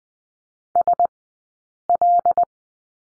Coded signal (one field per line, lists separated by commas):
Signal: Morse code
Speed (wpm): 20 wpm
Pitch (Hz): 700 Hz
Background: none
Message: SL